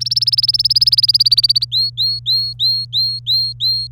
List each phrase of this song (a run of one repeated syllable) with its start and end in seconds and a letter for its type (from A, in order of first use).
0.00-1.65 A, 1.72-3.87 B